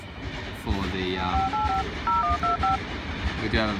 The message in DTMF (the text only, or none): 5850125